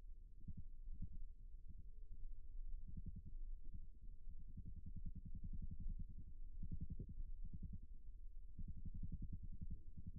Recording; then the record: forearm muscle sounds (acoustic myography)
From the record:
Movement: rest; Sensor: system 1, eight BSWA MPA416 microphones around the upper forearm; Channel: 8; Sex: male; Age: 54 years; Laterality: right